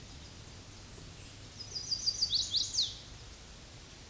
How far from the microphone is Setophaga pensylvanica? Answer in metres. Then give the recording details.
about 20 m. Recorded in a Pennsylvania forest on 18 May 2023 at 07:46. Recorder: AudioMoth, point grid1_19_low. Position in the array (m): 119 m, 207 m